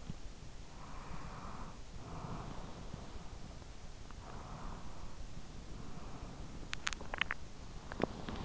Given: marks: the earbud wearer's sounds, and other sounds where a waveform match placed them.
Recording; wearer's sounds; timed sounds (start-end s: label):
sounds in sleep by an in-ear microphone; breath, swallowing
0.53-3.54 s: breath
3.93-6.64 s: breath
6.52-8.45 s: swallowing